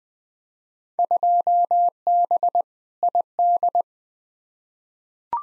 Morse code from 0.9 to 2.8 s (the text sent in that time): 2B